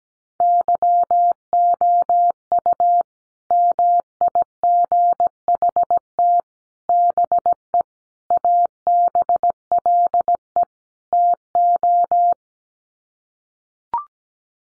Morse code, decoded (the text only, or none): YOU MIGHT BE ABLE TO